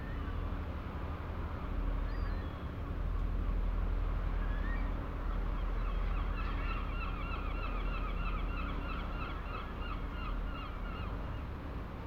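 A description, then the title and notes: Ocean waves wash against the old seawalls of St Abbs harbour at night, a steady, dense roar with a deep rumble underneath. Birds give quick, repeated honking calls, a few around two seconds and a busier run from about six seconds to the end. Fishing village harbour at night. From here, steep up a winding path above the harbour, the ocean waves crash onto the ancient seawalls of St Abbs on the east coast of Scotland, in full spatial detail. Swirling currents of bouncing swell, softened by less than a hundred yards, into a rich textured white noise emulsion.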